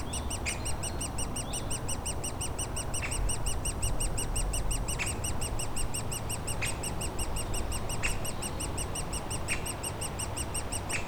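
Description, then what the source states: Woodpecker nestlings giving rapid, continuous high squeaky begging calls over a steady low drone of an aircraft. Nestlings in a cavity at the foot of a dead tree trunk, squawking continuously; Bois Saint-Martin, Noisy-le-Grand, France, near Lognes aerodrome; light aircraft and airliners overhead; recorded with a DR-40X.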